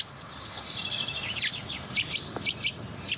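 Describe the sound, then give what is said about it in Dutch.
Nuthatch calls and blackbird song over a low background rumble: a steady run of high, sharp chirps and quick downward-sweeping whistles, with a few brighter notes near the end. “Boomklever. Merel.”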